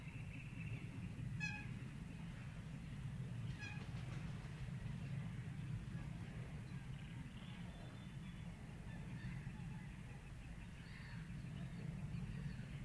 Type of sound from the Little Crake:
call